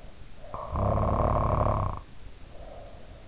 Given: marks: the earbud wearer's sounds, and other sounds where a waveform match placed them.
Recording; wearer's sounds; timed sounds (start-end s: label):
sounds in sleep by an in-ear microphone; snoring breath
0.47-3.27 s: snoring breath